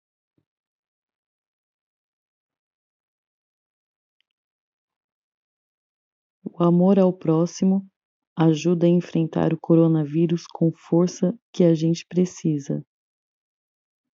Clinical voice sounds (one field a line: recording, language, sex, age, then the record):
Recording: spoken sentence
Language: Brazilian Portuguese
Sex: female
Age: 40 to 49 years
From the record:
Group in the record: control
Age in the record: 45 years